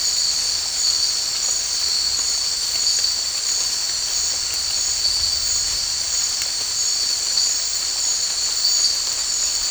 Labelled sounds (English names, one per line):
none